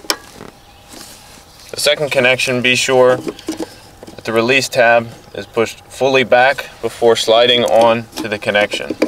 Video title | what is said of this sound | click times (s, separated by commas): 2013 Ford E350 Replacement of SRS/RCM module and YAW Rate Sensor | the first connection simply pushes on and you'll hear it click | 0.1 s